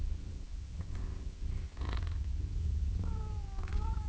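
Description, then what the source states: Cat purring as a steady low rumble, with a brief meow near the end. Cat gently meowing and purring in long intervals.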